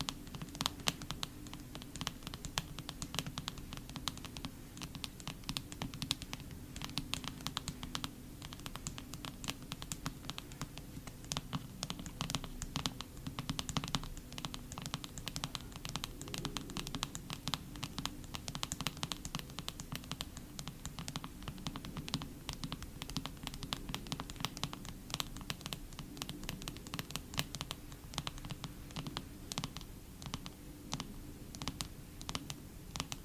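Photocards are tapped rapidly and continuously for the whole half minute, a dense stream of light, crisp clicks and clacks with no real pauses. The taps stay fairly even in loudness, over a steady low rumble underneath.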